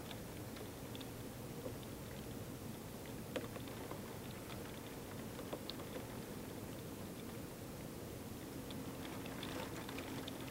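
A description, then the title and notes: Rain taps on a window in a steady, dense patter, with a constant low rushing wash underneath. Sharper individual drops click out now and then, a little more often near the end, while the overall loudness stays level throughout. Rain Tapping on the Window.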